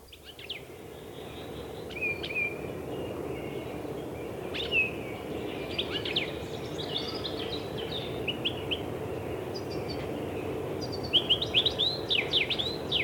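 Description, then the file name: European goldfinch twittering song, scattered bright chirps and short trills coming in bursts, livelier near the end, over a steady low rumble of background noise. "shegol"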